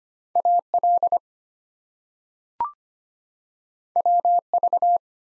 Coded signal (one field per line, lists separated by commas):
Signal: Morse code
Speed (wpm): 25 wpm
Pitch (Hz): 700 Hz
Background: none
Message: AL WV